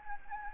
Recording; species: mosquito wingbeat signal from an infrared sensor; Anopheles gambiae